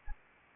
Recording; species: mosquito wingbeat signal from an infrared sensor; Anopheles arabiensis